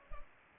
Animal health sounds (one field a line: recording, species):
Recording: mosquito wingbeat signal from an infrared sensor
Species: Culex pipiens